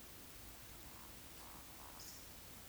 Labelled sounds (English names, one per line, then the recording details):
Eurasian Woodcock whistle
Eurasian Woodcock croak
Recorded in Baden-Württemberg, Germany, on 16 June 2021 at 20:04 UTC
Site 20675, 466 m above sea level